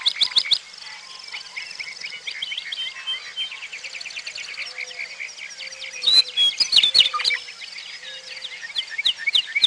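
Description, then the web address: Birds chattering together: dense high chirps, rapid trills and squeaky notes run throughout, with a few louder bursts in the second half. "Peterson North American Birds. hapr"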